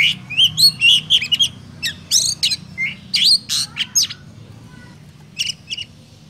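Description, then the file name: Oriental magpie-robin song of quick whistled and harsh notes in bursts, clear slurred whistles early, then sparser notes with a quiet gap before two final calls. Lure recording of kacer song used for trapping birds. "suara burung kacer pikat"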